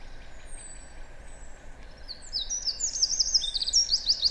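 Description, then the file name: Eurasian wren song: a fast burst of high, tinkling trills in the second half, preceded by a few thin, high notes, over a constant low hum. "Troglodytes troglodytes"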